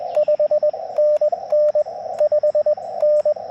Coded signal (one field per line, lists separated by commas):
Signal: Morse code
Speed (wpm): 21 wpm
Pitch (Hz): 590 Hz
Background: radio noise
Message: 5NN 5N